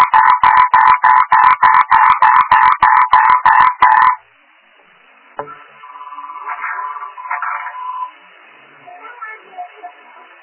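Frog giving a fast, even series of rough croaks for about four seconds, then silence broken by a click and softer wavering calls.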